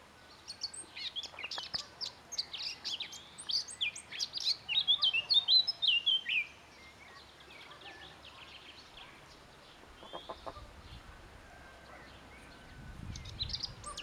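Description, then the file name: Eurasian blackcap song, a dense, rapid chattering warble rising in loudness for about six seconds, then quieter scattered notes and low rumble. "Sylvia atricapilla"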